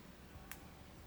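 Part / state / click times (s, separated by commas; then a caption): fold-over clasp closing on a vintage bracelet / seated / 0.5 s. A fold-over clasp on a vintage metal bracelet with champagne stones and clover leaves is closed by hand. Over a quiet background, a single sharp, bright click sounds at 0.5 s. The clasp snaps shut and is seated.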